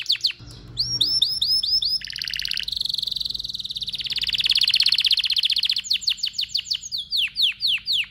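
Canary song with quick upswept notes, a low rattling phrase, then a long rich trill swelling in loudness before ending in slower spaced whistled slurs.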